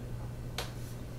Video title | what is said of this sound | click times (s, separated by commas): Unboxing & Complete Install: Bambu Lab AMS on P1P / P1S 3D Printer - (99% The same) | just gently push it in you'll feel a little clip and it's done | 0.6 s